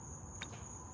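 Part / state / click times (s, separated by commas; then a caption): EV charging adapter into vehicle charge port / not seated / none. A Tesla-to-J1772 charging adapter is pulled slightly back out of the charge port of a Ford Lightning, so it is not fully inserted, against a steady cricket-like high whine and low rumble. Only a brief faint tick is heard at 0.4 s, and nothing clicks or seats; the adapter stays partly out, and the car stops charging.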